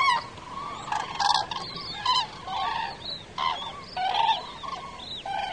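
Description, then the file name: Crane calls from a flock, loud bugling notes arriving in uneven bursts, several birds overlapping. "sookurg parves"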